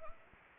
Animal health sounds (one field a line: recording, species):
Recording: mosquito wingbeat signal from an infrared sensor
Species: Anopheles gambiae